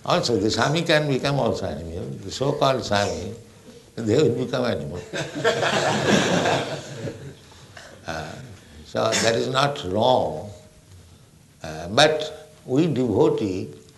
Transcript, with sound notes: Also the svāmī can become also animal. The so-called svāmī, they will become animal. [laughter] So that is not wrong. But we devotee,